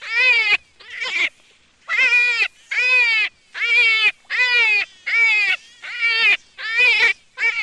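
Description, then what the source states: Jackrabbit crying in a steady series of about ten bright, nasal squeals, each around half a second, with brief pauses between them. Juvenile.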